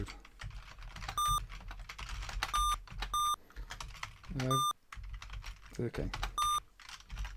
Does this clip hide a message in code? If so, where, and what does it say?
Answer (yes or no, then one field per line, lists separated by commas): no